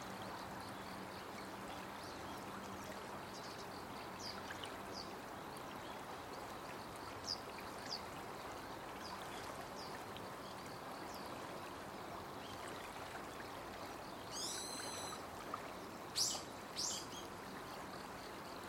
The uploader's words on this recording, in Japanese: 川から湯気のように霧が流れ出していて、 その間を鳥たちが楽しそうにくぐり抜けていました。朝の限られた時間にしか味わえないひととき。